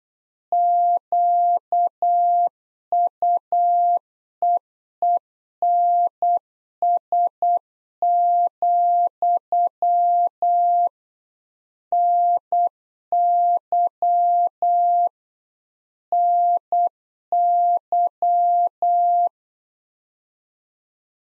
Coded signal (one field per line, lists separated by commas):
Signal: Morse code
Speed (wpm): 8 wpm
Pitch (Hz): 700 Hz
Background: none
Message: QUEENS, NY NY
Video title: Practice QSO - Complete One-Sided - 8wpm